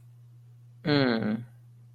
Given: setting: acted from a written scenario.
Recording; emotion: vocal sound without words; shame